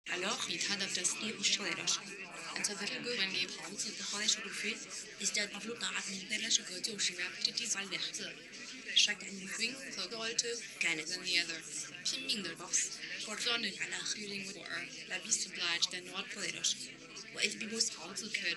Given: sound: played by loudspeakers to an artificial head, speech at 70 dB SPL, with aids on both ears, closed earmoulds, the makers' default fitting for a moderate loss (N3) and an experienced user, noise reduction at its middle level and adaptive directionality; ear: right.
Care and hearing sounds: speech test signal (ISTS) in cocktail-party noise; +3 dB; in front (0 degrees)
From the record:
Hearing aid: class 1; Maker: J

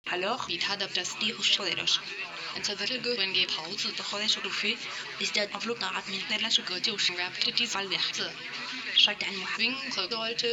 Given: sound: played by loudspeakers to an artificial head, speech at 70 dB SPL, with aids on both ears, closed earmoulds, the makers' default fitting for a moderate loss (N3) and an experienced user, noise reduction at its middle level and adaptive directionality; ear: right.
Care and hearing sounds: speech test signal (ISTS) in cocktail-party noise; +6 dB; on the right (90 degrees)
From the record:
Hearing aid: class 1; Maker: A

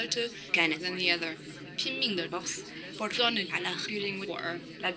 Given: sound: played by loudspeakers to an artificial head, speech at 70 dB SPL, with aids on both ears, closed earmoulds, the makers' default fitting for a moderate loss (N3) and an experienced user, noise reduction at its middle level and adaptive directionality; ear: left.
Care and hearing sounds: speech test signal (ISTS) in cocktail-party noise; +3 dB; in front (0 degrees)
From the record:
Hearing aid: class 2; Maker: B

